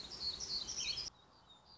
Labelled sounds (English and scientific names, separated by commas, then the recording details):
Black-throated Gray Warbler (Setophaga nigrescens)
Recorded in Sonoma County, California